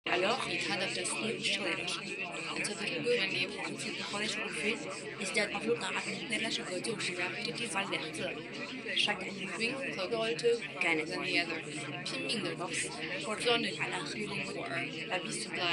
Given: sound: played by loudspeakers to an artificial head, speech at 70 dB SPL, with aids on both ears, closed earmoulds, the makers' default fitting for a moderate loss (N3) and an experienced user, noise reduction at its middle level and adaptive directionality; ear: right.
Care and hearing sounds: speech test signal (ISTS) in cocktail-party noise; -3 dB; in front (0 degrees)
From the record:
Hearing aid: class 2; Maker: C

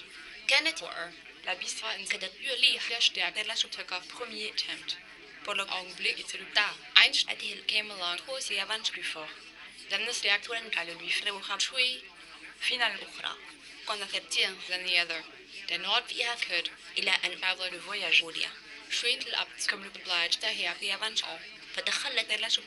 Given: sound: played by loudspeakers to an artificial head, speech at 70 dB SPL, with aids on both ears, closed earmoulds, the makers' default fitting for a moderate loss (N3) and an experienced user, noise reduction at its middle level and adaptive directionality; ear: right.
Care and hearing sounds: speech test signal (ISTS) in cocktail-party noise; +6 dB; in front (0 degrees)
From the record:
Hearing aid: class 2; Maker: B

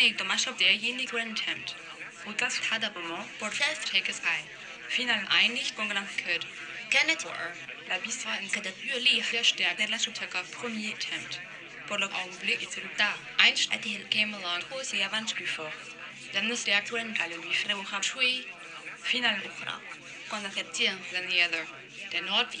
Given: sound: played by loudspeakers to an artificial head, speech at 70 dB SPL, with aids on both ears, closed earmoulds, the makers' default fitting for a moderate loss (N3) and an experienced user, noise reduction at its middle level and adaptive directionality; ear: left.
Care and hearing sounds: speech test signal (ISTS) in cocktail-party noise; +9 dB; in front (0 degrees)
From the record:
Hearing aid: class 2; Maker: G

